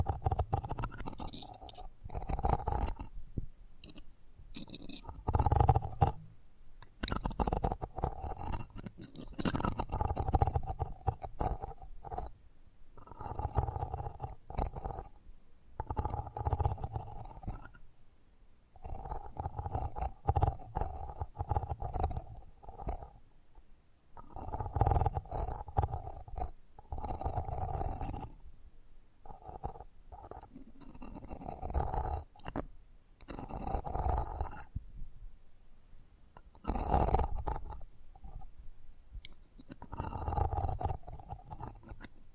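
Close-up mic treatment: irregular bursts of rubbing, thumping and low rumbling, broken by brief gaps of near silence. Crisp clicks, faint clinks and scratchy hiss ride on top, and the busy, uneven activity continues for the whole 42 seconds.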